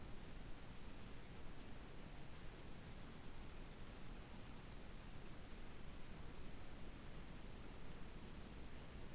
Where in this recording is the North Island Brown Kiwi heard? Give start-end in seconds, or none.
none